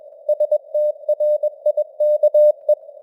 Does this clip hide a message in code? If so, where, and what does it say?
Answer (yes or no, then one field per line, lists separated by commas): yes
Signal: Morse code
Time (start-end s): 0.3-2.7 s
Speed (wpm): 21 wpm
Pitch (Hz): 600 Hz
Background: none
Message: STRIKE